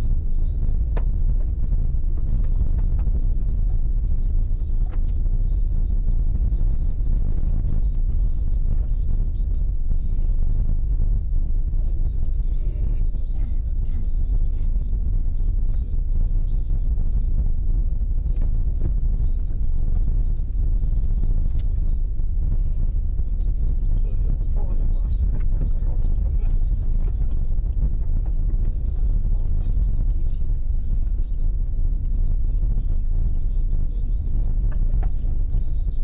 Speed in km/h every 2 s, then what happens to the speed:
33, 29, 28, 25, 28, 28, 30, 29, 30, 30, 30, 30, 29, 26, 23, 23, 24, 24.
0-5 slows to 25. 5-20 steady at about 29. 20-28 slows to 23. 28-36 steady at about 23.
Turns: none.